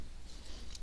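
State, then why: Seated. A plastic booster backpack unit is slid straight over the back of a Robot Spirits AGX-04 Gerbera-Tetra (ver. ANIME) action figure against a quiet low background hum. A short, sharp, bright click sounds at 0.8 s as the backpack seats in place on the figure.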